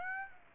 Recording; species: mosquito wingbeat signal from an infrared sensor; Aedes aegypti